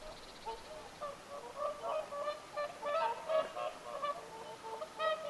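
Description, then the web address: Whooper swans trumpeting, several honking notes repeating irregularly over steady background hiss. Whooper swans calling at Lintulahti, 6 November 2025. "paivat 6 11 2025 laulujoutsenten aantelya lintulahdella"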